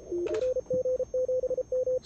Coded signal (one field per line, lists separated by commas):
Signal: Morse code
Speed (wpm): 29 wpm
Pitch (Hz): 530 Hz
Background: radio noise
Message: NG7M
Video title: Live CQ World Wide CW DX 2019 NG7M Search & Pounce Station Automation Demo w/N1MM Logger